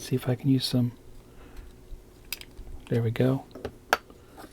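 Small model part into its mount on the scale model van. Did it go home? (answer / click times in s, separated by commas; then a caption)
yes / 3.9 s. While building a die-cast 1:8 scale model Volkswagen T1 Samba Camper Van, a small part, the second of a pair of crescent-shaped pieces, is fitted into its mount as someone talks. Faint taps come at about 2.3 and 3.7 seconds, then a sharp hit at 3.9 seconds as the part snaps into place.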